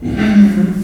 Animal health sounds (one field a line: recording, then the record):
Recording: squeal of a Yucatan mini pig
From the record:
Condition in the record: after surgery on the right vocal fold (resection and tissue-engineered implant)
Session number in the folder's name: 1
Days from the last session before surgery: 13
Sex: female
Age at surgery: 19 weeks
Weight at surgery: 25 kg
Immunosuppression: prednisolone